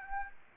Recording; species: mosquito wingbeat signal from an infrared sensor; Aedes aegypti